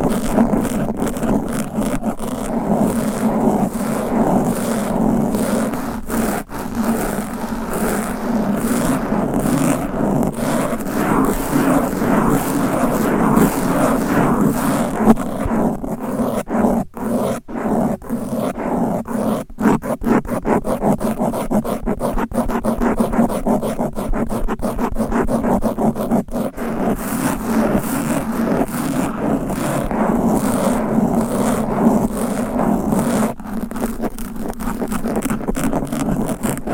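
Fast, aggressive scratching on a microphone runs without a break for the whole stretch, a dense rasping texture of rapid strokes. A low rumbling band sits underneath throughout, and brief sharp dropouts break the flow around 6, 17–20 and 33 seconds.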